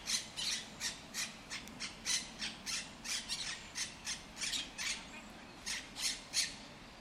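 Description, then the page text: Monk parakeets giving rapid rasping squawks, a busy, irregular chatter of short screeches packed closely together, some louder than others. El Retiro park, Madrid, Spain, which holds Europe's largest Monk Parakeet population. "Cities and Memory - remixing the world. Monk parakeets in Madrid. Madrid has the greatest population of Monk Parakeets in Europe, many of whom can be seen and heard in the El Retiro park"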